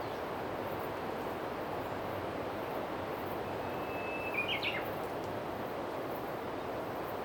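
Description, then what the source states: Japanese bush warbler song: one long steady whistled note, then a quick rolling flourish, heard once over a constant loud hiss of background noise. Heard in July from nearby woods; birds that failed to breed in spring keep singing "hoo-hokekyo" into summer to attract mates.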